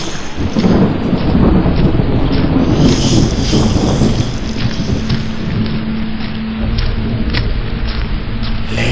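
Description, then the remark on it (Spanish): Steady rain falls at night on the streets of New York, hissing throughout while deep thunder rumbles and rolls underneath, swelling loudest early on before settling into a continuous downpour. No one speaks. “Lentamente camino por las calles de Nueva York en una noche de lluvia.”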